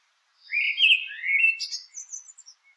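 Common blackbird singing one phrase: a low, rich fluted warble that breaks into a thin, high twittering flourish and fades out.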